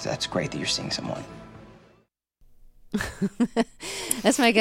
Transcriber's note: laughter